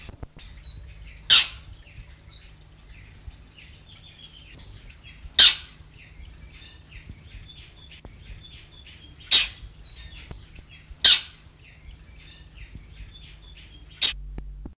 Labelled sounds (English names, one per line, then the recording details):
European Roller call
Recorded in captivity
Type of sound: call
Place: Zoo Duisburg, Nordrhein-Westfalen, DE
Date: 1970-01-25
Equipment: Halbspur, 9,5 cm/s
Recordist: Lütgens, Hans
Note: Erschreckt